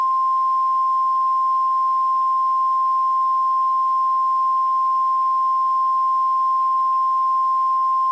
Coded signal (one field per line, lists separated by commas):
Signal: Emergency Alert System (SAME) tones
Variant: 1050 Hz attention tone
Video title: Rating EAS Alarms: Part 1 (Read desc)